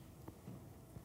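An adult man's heartbeat, picked up by a microphone resting right on his chest.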